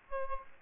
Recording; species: mosquito wingbeat signal from an infrared sensor; Aedes aegypti